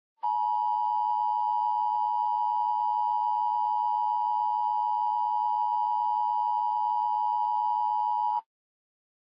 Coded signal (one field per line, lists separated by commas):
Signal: Emergency Alert System (SAME) tones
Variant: 853 and 960 Hz attention tone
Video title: "Ghost Town" - EAS Mock